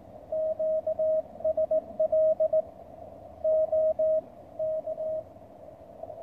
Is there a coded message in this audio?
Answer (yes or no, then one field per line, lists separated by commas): yes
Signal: Morse code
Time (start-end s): 0.3-5.2 s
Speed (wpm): 18 wpm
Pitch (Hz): 630 Hz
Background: none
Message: QSL OK